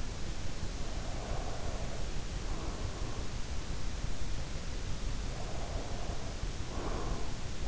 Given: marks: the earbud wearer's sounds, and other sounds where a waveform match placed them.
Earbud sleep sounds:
sounds in sleep by an in-ear microphone; breath
0.83-3.55 s: breath
5.39-7.68 s: breath

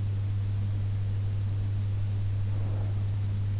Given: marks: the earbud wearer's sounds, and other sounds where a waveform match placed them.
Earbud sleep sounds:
sounds in sleep by an in-ear microphone; breath
2.38-3.08 s: breath

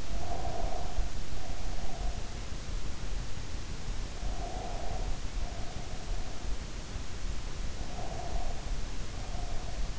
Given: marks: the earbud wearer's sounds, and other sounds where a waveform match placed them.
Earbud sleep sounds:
sounds in sleep by an in-ear microphone; breath
0.00-2.36 s: breath
4.25-6.62 s: breath
7.92-9.99 s: breath

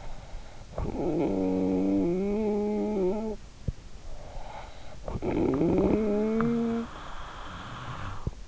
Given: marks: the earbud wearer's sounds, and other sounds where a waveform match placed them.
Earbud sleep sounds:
sounds in sleep by an in-ear microphone; snoring breath
0.42-4.02 s: snoring breath
4.60-8.48 s: snoring breath

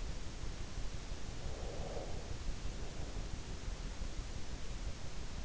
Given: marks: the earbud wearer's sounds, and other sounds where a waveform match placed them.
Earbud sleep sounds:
sounds in sleep by an in-ear microphone; breath
1.36-3.79 s: breath

